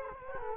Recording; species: mosquito wingbeat signal from an infrared sensor; Culex quinquefasciatus